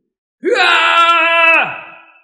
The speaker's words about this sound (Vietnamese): Không trung truyền đến một tiếng thét dài.